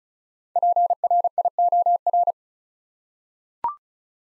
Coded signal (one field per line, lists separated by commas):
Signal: Morse code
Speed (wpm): 36 wpm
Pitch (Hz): 700 Hz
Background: none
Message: PRIOR